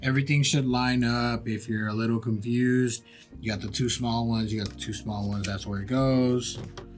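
A plastic NexiGo replacement faceplate is lined up over the two small tabs on a PS5 console body while someone talks over background music. Nothing has seated or clicked yet.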